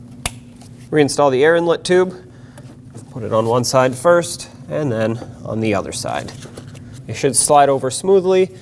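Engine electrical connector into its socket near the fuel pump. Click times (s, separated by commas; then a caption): 0.3 s. An engine electrical connector on a 2006-2015 Lexus IS250 is plugged into its socket near the high-pressure fuel pump after the pump bolts are torqued to 7 ft-lbs in a cross pattern. It seats with a loud, sharp click at 0.3 seconds, then someone talks.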